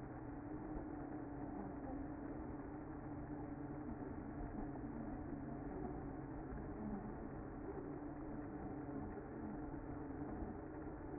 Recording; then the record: honeybee colony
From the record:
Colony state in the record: active